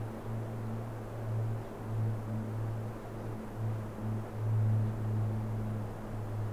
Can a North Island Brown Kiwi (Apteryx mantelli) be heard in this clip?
no